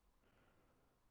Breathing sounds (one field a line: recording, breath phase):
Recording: one breath near a microphone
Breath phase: inhalation